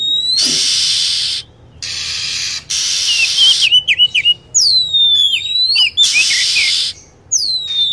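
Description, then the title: Lovebird calls: stretches of harsh screeching, then a rattling run of chirps and long falling whistled sweeps, repeated. Lure sound used to attract lovebirds. "PIKAT BURUNG LOVEBIRD"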